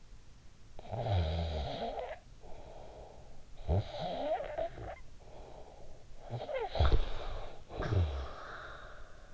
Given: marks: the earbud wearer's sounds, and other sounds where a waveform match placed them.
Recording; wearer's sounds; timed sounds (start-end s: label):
sounds in sleep by an in-ear microphone; snoring breath
0.54-9.34 s: snoring breath